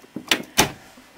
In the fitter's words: push it in then you should hear a click